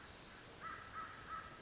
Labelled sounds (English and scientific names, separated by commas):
American Crow (Corvus brachyrhynchos)